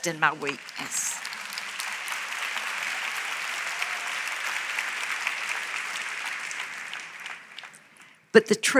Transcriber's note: applause